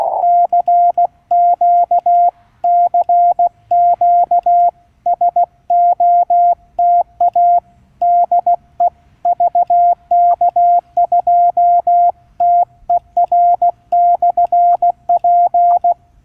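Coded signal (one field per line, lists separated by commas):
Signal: Morse code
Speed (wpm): 16 wpm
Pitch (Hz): 700 Hz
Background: none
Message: CQ CQ SOTA DE VK2TER/P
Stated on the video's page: QRP CW summit activation at 16 WPM on 7.033 MHz (40m), QCX-mini at 5W, random wire on telescopic mast; unsuccessful due to QSB fading and rain.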